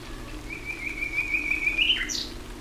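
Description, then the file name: Common nightingale song phrase: a long thin whistle held steady, then a sharp rising flourish and a brief high note, over low steady background hum. "nightingale"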